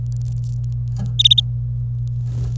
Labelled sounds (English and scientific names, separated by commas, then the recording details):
Domestic Canary (Serinus canaria) song
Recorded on 26 April 2018 at 07:36
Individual llb3